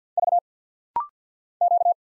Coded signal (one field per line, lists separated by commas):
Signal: Morse code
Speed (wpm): 48 wpm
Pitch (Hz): 700 Hz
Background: none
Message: V Q